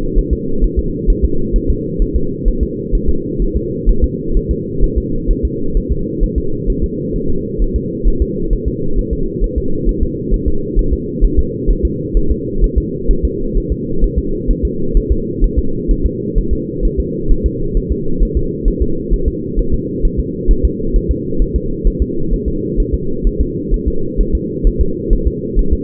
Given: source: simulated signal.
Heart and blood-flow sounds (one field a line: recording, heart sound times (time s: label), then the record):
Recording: fetal heart sounds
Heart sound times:
0.18 s: S1
0.33 s: S2
0.64 s: S1
0.79 s: S2
1.10 s: S1
1.25 s: S2
1.56 s: S1
1.70 s: S2
2.02 s: S1
2.16 s: S2
2.48 s: S1
2.63 s: S2
2.95 s: S1
3.09 s: S2
3.42 s: S1
3.57 s: S2
3.89 s: S1
4.04 s: S2
4.37 s: S1
4.51 s: S2
4.84 s: S1
4.98 s: S2
5.31 s: S1
5.45 s: S2
5.77 s: S1
5.92 s: S2
6.24 s: S1
6.38 s: S2
6.70 s: S1
6.84 s: S2
7.16 s: S1
7.30 s: S2
7.62 s: S1
7.76 s: S2
8.08 s: S1
8.22 s: S2
8.53 s: S1
8.68 s: S2
8.99 s: S1
9.13 s: S2
9.44 s: S1
9.58 s: S2
9.89 s: S1
10.03 s: S2
10.34 s: S1
10.48 s: S2
10.79 s: S1
10.93 s: S2
11.24 s: S1
11.39 s: S2
11.71 s: S1
11.85 s: S2
12.17 s: S1
12.31 s: S2
12.64 s: S1
12.78 s: S2
13.11 s: S1
13.25 s: S2
13.57 s: S1
13.72 s: S2
14.04 s: S1
14.19 s: S2
14.50 s: S1
14.65 s: S2
14.97 s: S1
15.12 s: S2
15.44 s: S1
15.59 s: S2
15.91 s: S1
16.06 s: S2
16.38 s: S1
16.53 s: S2
16.85 s: S1
17.00 s: S2
17.31 s: S1
17.46 s: S2
17.77 s: S1
17.92 s: S2
18.23 s: S1
18.37 s: S2
18.68 s: S1
18.82 s: S2
19.14 s: S1
19.28 s: S2
19.59 s: S1
19.74 s: S2
20.05 s: S1
20.20 s: S2
20.51 s: S1
20.65 s: S2
20.96 s: S1
21.11 s: S2
21.42 s: S1
21.56 s: S2
21.87 s: S1
22.02 s: S2
22.33 s: S1
22.48 s: S2
22.80 s: S1
22.94 s: S2
23.27 s: S1
23.41 s: S2
23.74 s: S1
23.88 s: S2
24.21 s: S1
24.35 s: S2
24.67 s: S1
24.81 s: S2
25.13 s: S1
25.28 s: S2
25.59 s: S1
25.73 s: S2
From the record:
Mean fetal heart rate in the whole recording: 130 bpm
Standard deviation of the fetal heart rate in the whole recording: 2 bpm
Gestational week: 38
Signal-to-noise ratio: -8.1 dB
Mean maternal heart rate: 72 bpm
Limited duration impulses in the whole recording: absent